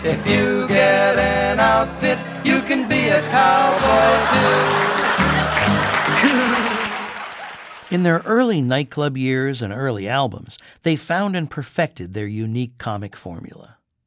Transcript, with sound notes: If you get an outfit, you can be a cowboy, too.
(LAUGHTER)
In their early nightclub years and early albums, they found and perfected their unique comic formula.